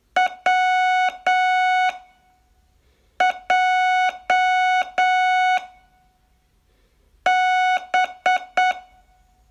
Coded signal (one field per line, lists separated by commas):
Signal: Morse code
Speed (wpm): 8 wpm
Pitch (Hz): 740 Hz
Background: music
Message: W J B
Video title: Learn Morse in 42 Days from VU2LAU - day18